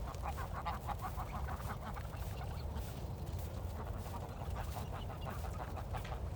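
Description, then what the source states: Goose: geese chattering, many quick overlapping honks forming a continuous busy flock sound, steady low background noise underneath. Geese on snow; 16 December.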